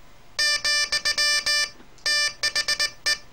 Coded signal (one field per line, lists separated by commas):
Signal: Morse code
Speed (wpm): 18 wpm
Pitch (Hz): 1800 Hz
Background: none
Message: , THE